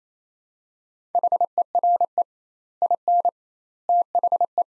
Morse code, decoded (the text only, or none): HERE IN THE